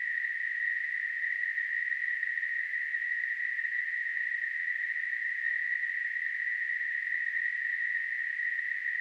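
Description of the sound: A steady, unchanging hiss in a narrow high-pitched band near 2 kHz runs unbroken for nine seconds at constant loudness. It is a simulation of noise-type tinnitus, a sound heard in the ears with no outside source.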